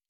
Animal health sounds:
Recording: hydrophone in a shrimp aquaculture tank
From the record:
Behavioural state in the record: normal

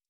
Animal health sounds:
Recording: hydrophone in a shrimp aquaculture tank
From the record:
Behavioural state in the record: stressed

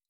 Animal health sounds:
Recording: hydrophone in a shrimp aquaculture tank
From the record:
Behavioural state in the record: stressed

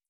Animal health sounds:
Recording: hydrophone in a shrimp aquaculture tank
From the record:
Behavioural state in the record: feeding

